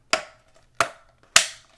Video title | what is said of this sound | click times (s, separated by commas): Virtue Spire IR Hopper - Graphic Colors Overview | just press down it's gonna snap into place it's good to go | 0.1 s, 0.8 s, 1.4 s